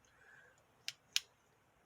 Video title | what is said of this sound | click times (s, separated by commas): Multi-tool hammers? | okay it's locked into place now you act everything is locked into place | 0.9 s, 1.2 s